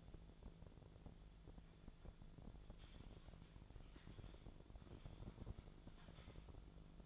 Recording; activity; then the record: daily activity, microphone in the room; typing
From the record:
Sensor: 5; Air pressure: 1000.3 hPa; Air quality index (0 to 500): 116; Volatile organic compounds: 1 ppm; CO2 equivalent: 928 ppm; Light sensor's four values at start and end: 122/287/123/133 and 123/289/124/134